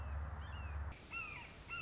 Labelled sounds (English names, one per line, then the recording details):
Red-shouldered Hawk
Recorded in Sonoma County, California